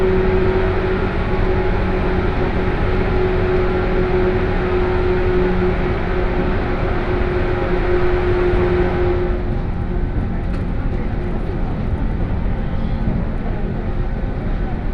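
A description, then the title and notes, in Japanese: A Kosei Line local train, a 117 series, runs from Kyoto toward Ono, its motors groaning in a tunnel. A dense, steady low roar fills the whole clip with a faint sustained whine on top. Near ten seconds the upper hiss drops away and the rumble continues. 湖西線普通 京都→小野 117系。トンネル内でのモーターのうなりが特徴で、かつての185系特急踊り子のような音を響かせて走ります。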